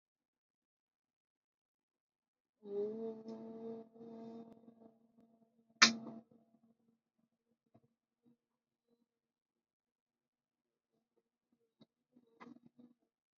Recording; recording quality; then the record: sustained vowel as in boot; moderate, slight background noise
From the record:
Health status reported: COVID-19 positive, no symptoms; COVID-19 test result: positive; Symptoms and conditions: cough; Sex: female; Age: 45 years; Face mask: worn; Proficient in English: yes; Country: India